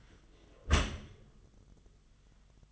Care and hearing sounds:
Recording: daily activity, microphone in the room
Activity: close dishwasher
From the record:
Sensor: 4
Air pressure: 1005.5 hPa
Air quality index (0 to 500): 113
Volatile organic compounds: 3 ppm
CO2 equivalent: 1410 ppm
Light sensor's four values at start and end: 11/25/10/10 and 11/26/10/10

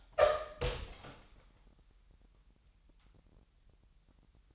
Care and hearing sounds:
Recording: daily activity, microphone in the room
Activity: open door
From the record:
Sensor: 3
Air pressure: 998.4 hPa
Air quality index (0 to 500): 142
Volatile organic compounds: 4 ppm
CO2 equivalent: 1698 ppm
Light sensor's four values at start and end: 16/46/18/17 and 16/46/18/17

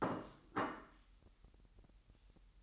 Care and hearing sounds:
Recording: daily activity, microphone in the room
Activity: place plate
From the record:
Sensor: 3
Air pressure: 1002.0 hPa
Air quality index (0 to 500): 246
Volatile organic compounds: 50 ppm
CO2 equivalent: 3300 ppm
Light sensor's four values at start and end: 12/36/15/13 and 12/36/15/13

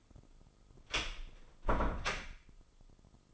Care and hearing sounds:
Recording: daily activity, microphone in the room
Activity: close door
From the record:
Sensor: 5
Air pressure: 996.4 hPa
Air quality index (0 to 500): 50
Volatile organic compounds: 1 ppm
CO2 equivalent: 825 ppm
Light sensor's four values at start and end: 42/98/41/43 and 42/98/41/43

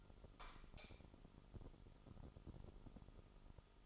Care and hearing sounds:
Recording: daily activity, microphone in the room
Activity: light on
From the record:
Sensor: 5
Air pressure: 988.5 hPa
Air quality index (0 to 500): 213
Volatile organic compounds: 106 ppm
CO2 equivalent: 3790 ppm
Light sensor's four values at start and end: 45/134/52/56 and 46/139/54/58

